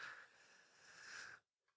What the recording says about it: I'm taking deep breaths. I think I'm a bit asthmatic at the moment. So if I sound like I'm gasping for air, I'm a bit asthmatic.